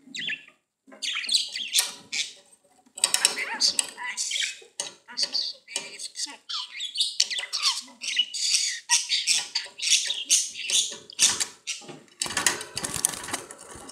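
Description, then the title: Budgerigar warble: a long, busy run of scratchy chirps, clicks and squawks with few pauses, growing harsher near the end. "Budgie Sounds"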